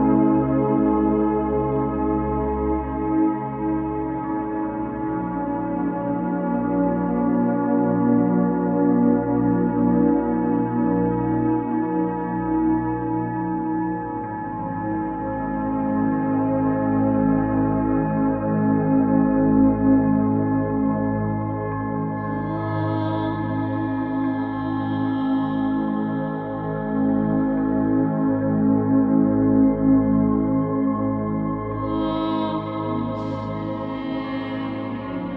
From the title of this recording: Frequency 852 Hz - Solfeggio